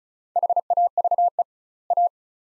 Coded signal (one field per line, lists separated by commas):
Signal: Morse code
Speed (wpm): 36 wpm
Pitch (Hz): 700 Hz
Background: none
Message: HAVE A